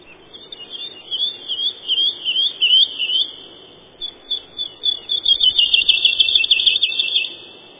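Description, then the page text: Woodlark singing two phrases of repeated mellow whistled notes separated by a short gap, the second ending in a faster rolling trill. "Юла, или лесной жаворонок — Lullula arborea"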